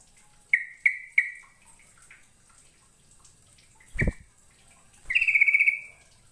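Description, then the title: Bird giving three sharp chirps, a pause, a single note with a thump, then a longer buzzy trilled phrase. "Kicau Burung"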